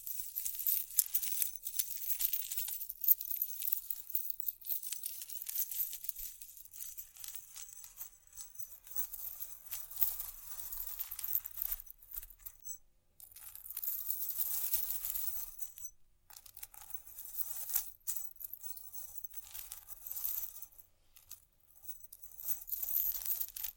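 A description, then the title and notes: Bright scratching and tapping sounds, with small hard clicks and crinkly rustles coming in irregular bursts throughout. Busier stretches around 1–3, 12–15 and 17–21 seconds alternate with brief near-silent gaps, and a faint low thump sits underneath at times. Vinyl,wood,tapping,scratchig,chain,glass,etc.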